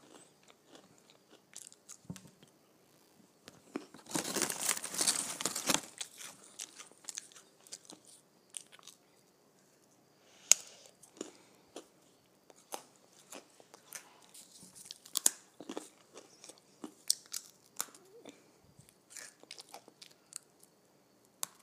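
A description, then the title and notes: Potato chips are crunched in bursts of crackly, bright bites, loudest around four to six seconds, then sparser sharp crunches and chewing. Crunching on Potato Chips.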